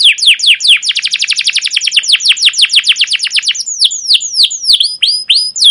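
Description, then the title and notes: Canary song: a fast run of steeply falling chirps repeated many times per second, slowing into looser downward sweeps and a few clear whistled notes at the end. Captive canary; long continuous chirping song used as a tutor recording for training young canaries to learn their song. "CUIT CUIT NGEROL LANGSUNG GACOR PANJANG Kenari Ini AMPUH Utk Pancingan KENAR. PANCINGAN Kenari GACOR PANJANG Cuit CUIT EMOSI ini AMPUH utk MASTERAN Kenari PAUD belajar BUNYI. burung kenari"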